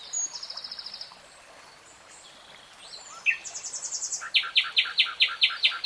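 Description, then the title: Nightingale song with a brief rattling phrase, a pause, then a high buzzy phrase and loud, rapid repeated notes to the end. Nightingale singing in real time. "[Tiếng chim hót] 3 Hours REALTIME Nightingale Singing"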